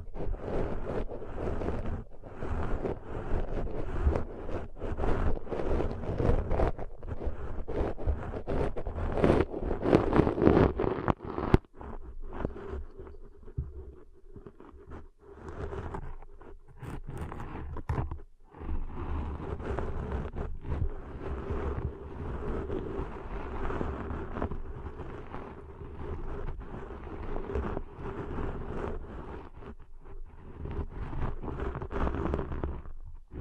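Ear cleaning sounds: a dense, continuous rustle of scratching and crackling strokes over a steady low rumble and a muffled hum. It is busiest in the first twelve seconds, with short breaks near 12 and 18 seconds, then settles into softer, even scraping.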